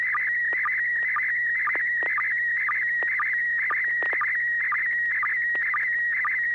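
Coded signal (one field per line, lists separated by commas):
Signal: SSTV (slow-scan television)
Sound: warbling tone near 2 kHz with short low sync blips about twice a second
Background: low hum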